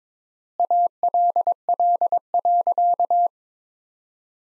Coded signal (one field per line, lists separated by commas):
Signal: Morse code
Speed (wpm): 22 wpm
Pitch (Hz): 700 Hz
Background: none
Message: ALL.